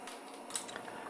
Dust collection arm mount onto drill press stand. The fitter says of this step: you see how easily it snaps on to the drill press stand nice and secure